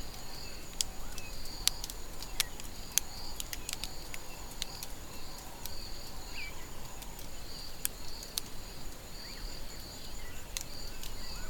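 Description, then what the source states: Caterpillar munching: frequent dry ticks and crackles in irregular bursts, set against a continuous throbbing insect buzz and soft low rumble. Several caterpillars eating marula.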